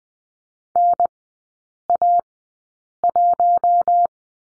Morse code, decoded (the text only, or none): NA1